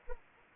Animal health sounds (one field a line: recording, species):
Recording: mosquito wingbeat signal from an infrared sensor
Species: Anopheles arabiensis